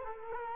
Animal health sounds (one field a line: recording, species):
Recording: mosquito wingbeat signal from an infrared sensor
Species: Culex quinquefasciatus